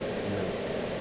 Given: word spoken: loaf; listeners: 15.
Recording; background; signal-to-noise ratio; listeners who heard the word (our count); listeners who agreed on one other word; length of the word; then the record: one English word in noise, from a listening test; speech-shaped noise; -6.0 dB; 0 of 15; 10 of 15; 0.61 s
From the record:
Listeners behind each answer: 10, 1, 1, 1, 1, 1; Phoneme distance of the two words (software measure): 31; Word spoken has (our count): 1 syllable, 3 phonemes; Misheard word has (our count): 1 syllable, 4 phonemes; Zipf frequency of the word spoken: 3.77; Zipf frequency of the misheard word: 4.73